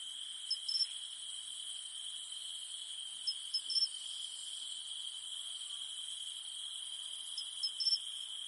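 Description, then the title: Cicada hum: an unbroken shrill drone underneath, while short paired chirps recur roughly every three to four seconds. Recorded in the mountains at night. "In the mountains at night, only the humming of cicadas remains"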